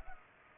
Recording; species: mosquito wingbeat signal from an infrared sensor; Culex pipiens